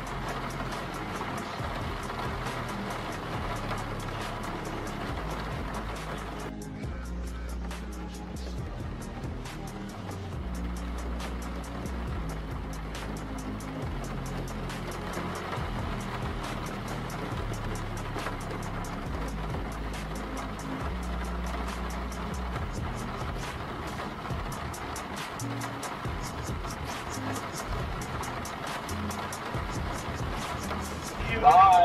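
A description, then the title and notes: Inside a car in the rain, a steady low engine rumble runs beneath dense patter, easing briefly near seven seconds, with a sharp knock at the end. You are in a car, in the rain.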